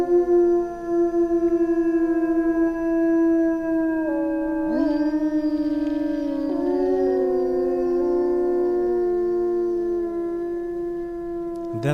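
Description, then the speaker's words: Wolf pack howling in chorus: sustained overlapping notes, one voice sweeping upward midway while others waver and dip. Small pack howling in winter, frost snapping; archive recording played on live radio, where some listeners, their children or pets were frightened. "Wolves howling, small pack, frost snapping, because it was winter."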